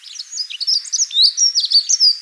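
Dunnock song, a fast, jumbled warble of thin high notes, continuous for about two seconds, sounding clean with nothing else audible.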